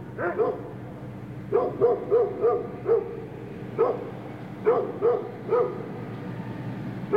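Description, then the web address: Dog barking in irregular runs of quick barks, with short pauses between them. Large dog barking in the distance in a residential area. "dog large barking animal barking in distance residential animal barking birds in bg"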